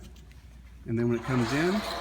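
Someone lowers the replacement upright pole of a Weha Granite double-sided metal stone-transport A-frame cart, with the angled tab at its bottom heading into the A-frame socket, while someone talks. Faint handling ticks come at about 0.2 and 0.3 s under low background noise before the talking starts near 0.9 s. Nothing has seated or locked yet.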